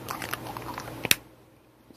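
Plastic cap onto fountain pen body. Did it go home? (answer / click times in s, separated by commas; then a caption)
yes / 1.1 s. A plastic cap is pressed onto the body of a Kaco Sky II fountain pen. Small scratchy ticks lead to a faint tick at 1.1 s, then a sharp, bright snap at 1.1 s as the cap snaps home and seats. Near-silence follows.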